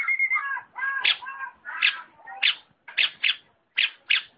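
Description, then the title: Long-tailed shrike song mixing clear whistled, slightly wavering notes at first with harsh, rasping bursts at short, uneven intervals. Combination song style (kombinasi). "Cendet Kombinasi"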